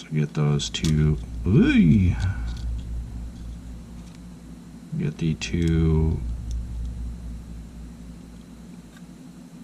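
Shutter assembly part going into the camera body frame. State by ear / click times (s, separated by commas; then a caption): not seated / none. A technician lines up the two tabs of a small shutter assembly part going into the camera body frame of a Sony A72 mirrorless camera, positioning it before pressing it down. Someone talks over quiet handling noises, with a couple of faint ticks near 4.2 and 6.5 seconds. Nothing has seated or clicked yet.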